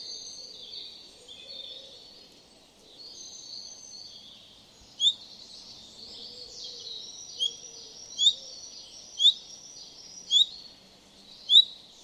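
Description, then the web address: Common chaffinch calls: short, sharp, high notes given six times from about halfway on at uneven gaps, over a steady background chorus of other high-pitched birds. "Deverinetal"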